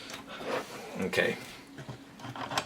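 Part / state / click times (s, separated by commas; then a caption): RAM module into laptop-style memory slot of a small desktop computer / seated / 2.6 s. A RAM module in a Mac mini G4 is pushed back into its memory slot after the lid would not shut because the memory was not seated properly. Someone talks, then short sharp hits follow and the module seats with a click at 2.6 seconds.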